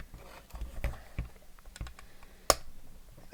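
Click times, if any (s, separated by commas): 2.5 s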